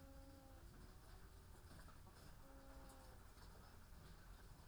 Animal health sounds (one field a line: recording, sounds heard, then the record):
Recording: poultry house recording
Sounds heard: sick chickens (respiratory disease)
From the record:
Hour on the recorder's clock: 14